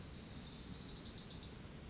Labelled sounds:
Pacific Wren
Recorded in Sonoma County, California

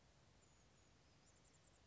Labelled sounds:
Chestnut-backed Chickadee
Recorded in Sonoma County, California

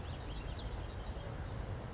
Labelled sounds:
Western Flycatcher
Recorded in Sonoma County, California

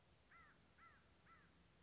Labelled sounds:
American Crow
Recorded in Sonoma County, California

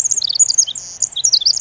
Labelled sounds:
Pacific Wren
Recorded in Sonoma County, California

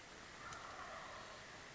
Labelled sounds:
Wild Turkey
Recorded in Sonoma County, California

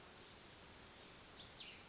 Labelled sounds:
Cassin's Vireo
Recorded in Sonoma County, California

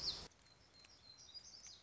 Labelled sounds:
Black-throated Gray Warbler
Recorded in Sonoma County, California

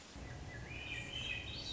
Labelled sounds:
Swainson's Thrush
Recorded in Sonoma County, California

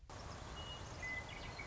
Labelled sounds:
Western Meadowlark
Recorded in Sonoma County, California

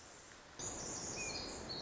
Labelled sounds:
Pacific Wren
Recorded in Sonoma County, California

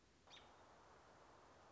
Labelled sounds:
American Robin
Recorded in Sonoma County, California

